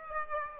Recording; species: mosquito wingbeat signal from an infrared sensor; Aedes aegypti